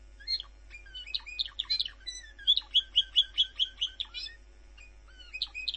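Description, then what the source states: Bird song of quick varied chirps and short whistles, then a steady run of about eight bright repeated notes, a pause, and a few more high chirps. Masteran training recording.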